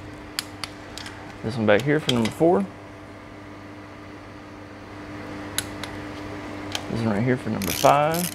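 A click-type torque wrench tightens cam cap bolt number 3 on a Honda K-series engine cylinder head to 16 ft-lb, and the wrench clicks at its setting at 0.4 s. Further sharp metallic clicks follow at about 0.6, 1.0, 5.6, 5.8 and 6.8 s over a steady low hum, and someone talks around 1.5–2.6 s and 7–8.3 s.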